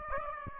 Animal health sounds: mosquito wingbeat signal from an infrared sensor; Aedes aegypti

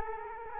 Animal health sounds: mosquito wingbeat signal from an infrared sensor; Culex quinquefasciatus

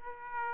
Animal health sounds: mosquito wingbeat signal from an infrared sensor; Aedes aegypti

